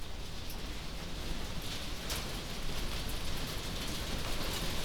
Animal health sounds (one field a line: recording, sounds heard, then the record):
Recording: poultry house recording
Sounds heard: no chicken sound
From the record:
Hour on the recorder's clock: 22